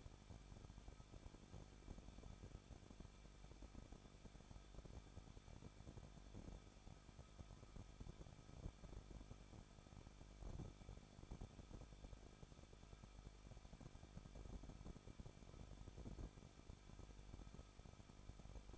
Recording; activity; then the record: daily activity, microphone in the room; no activity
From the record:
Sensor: 5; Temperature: 20.9 degrees Celsius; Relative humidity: 38.3%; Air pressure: 1006.4 hPa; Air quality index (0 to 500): 188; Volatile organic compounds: 19 ppm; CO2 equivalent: 2651 ppm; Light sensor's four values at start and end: 2/3/1/1 and 2/3/1/1